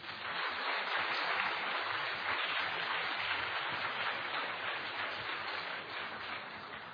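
An audience at a prayer gathering claps steadily for about seven seconds to encourage newcomers, a dense, even wash of many hands with no voices over it, holding fairly loud before easing slightly at the end.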